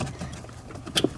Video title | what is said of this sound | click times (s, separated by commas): Jeep JK Removing Freedom Panels and Doors, Adding Dash Storage Space | until it clicks oh I F the light's going | 1.0 s